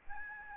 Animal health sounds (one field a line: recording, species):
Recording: mosquito wingbeat signal from an infrared sensor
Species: Aedes albopictus